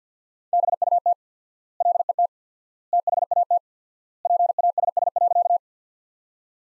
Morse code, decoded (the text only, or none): BUT LET THAT PASS.